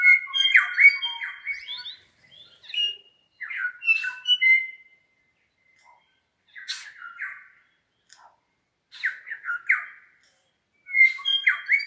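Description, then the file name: New Zealand bellbird song: groups of ringing, whistled notes mixed with short chirps, delivered in bursts of one to two seconds with silent gaps. Several birds singing in the Craigieburn Range, New Zealand. "New Zealand Bellbirds (Anthornis melanura) singing in Craigieburn Range"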